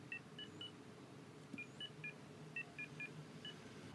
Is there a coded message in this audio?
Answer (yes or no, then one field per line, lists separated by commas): no